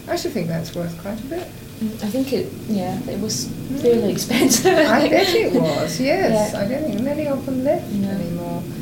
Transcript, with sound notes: I should think that's worth quite a bit.
Mhm. I think it, yeah. It was fairly expensive [laughs] I think.
I bet it was.
Yeah.
I don't think there are many of them left any more.